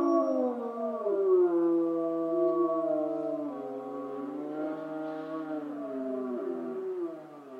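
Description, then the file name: Wolf howls, several long sliding tones overlapping, some wavering and bending downward, held steadily through the whole stretch without pause. Wolves recorded in Schorfheide, Germany, on 29 October 2015. "Wölfe Schorfheide 151029"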